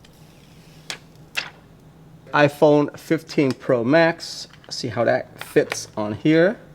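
A titanium-look TORRAS phone case is handled against an iPhone 15 Pro Max, with a couple of short taps around 0.9 s and 1.4 s while someone talks. The case has not yet snapped onto the phone, and nothing has seated or clicked by the end of the clip.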